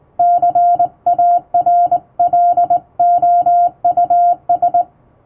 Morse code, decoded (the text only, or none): CARLOUS